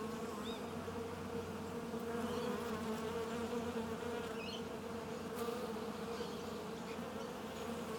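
Bees buzzing in a constant droning chorus, low and steady with layered overtones, and a few faint high chirps and a click partway through.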